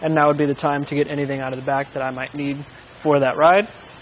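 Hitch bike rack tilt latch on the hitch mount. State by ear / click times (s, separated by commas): not seated / none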